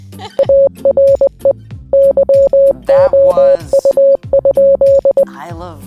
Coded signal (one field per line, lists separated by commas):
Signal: Morse code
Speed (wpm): 20 wpm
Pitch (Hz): 550 Hz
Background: speech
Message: ARE YOU?